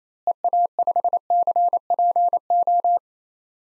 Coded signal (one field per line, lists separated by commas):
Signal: Morse code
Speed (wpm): 28 wpm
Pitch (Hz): 700 Hz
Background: none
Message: EA5CPO